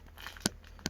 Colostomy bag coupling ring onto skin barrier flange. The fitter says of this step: and you'll hear a little click. Once it's clicked into place,